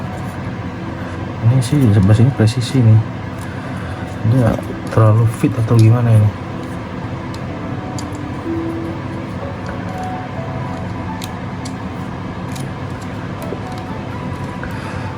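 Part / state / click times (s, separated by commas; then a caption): plastic part into toy car body / not seated / none. A very tight-fitting plastic part is handled against the body of a Crush Gear Dino Phalanx toy car before being pressed home, where a click means it has gone in and a crack would mean it broke. Someone talks over a steady background hum, and a few brief faint ticks come near 8.0, 11.2 and 14.6 seconds. Nothing has seated or clicked yet.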